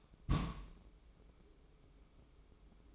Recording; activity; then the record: daily activity, microphone in the room; place on stove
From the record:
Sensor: 1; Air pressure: 995.4 hPa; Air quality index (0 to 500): 29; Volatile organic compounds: 1 ppm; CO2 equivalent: 544 ppm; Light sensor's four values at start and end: 29/101/38/40 and 29/101/38/40